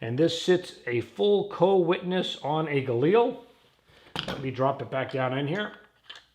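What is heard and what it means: An Elbit Falcon red dot sight, which sits at full co-witness on a Galil rifle, is being handled and brought back down toward its rifle scope mount while someone talks. A faint tap is heard near the end, but nothing has seated or locked into the mount yet.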